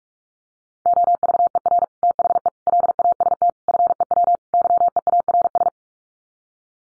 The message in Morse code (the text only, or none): OVER THE LAST FEW YEARS